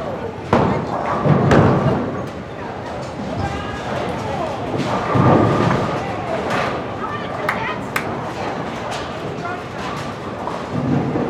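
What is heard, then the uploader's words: Bowling alley ambience in a large, echoing hall: a steady crowd murmur of voices fills the background. Low rolling rumbles swell around the second, fifth and final seconds, and sharp clattering knocks and thuds break through every second or two. Bowling Alley Ambience.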